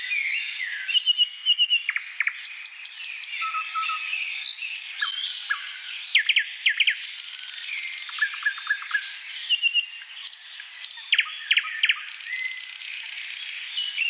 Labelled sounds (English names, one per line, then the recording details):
Thrush Nightingale song
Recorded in the wild
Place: Selenter See, Schleswig-Holstein, DE
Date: 1982-06-02
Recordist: Schwarz, Dieter
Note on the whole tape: Song